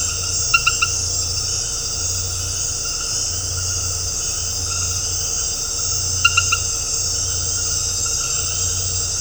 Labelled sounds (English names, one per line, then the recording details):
none
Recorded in dense forest near Puerto Asís, Putumayo, Colombia, on 13 March 2025 at 20:30
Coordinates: 0.468, -76.322
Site GP01